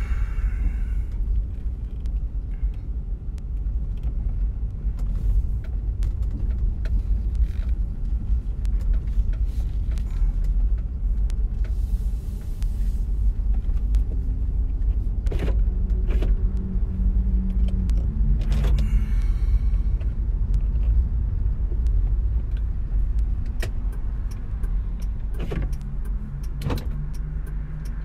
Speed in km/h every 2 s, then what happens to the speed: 7, 7, 7, 7, 5, 5, 2, 7, 7, 7, 9, 5, 5, 5.
0-11 steady at about 7. 19-28 steady at about 5.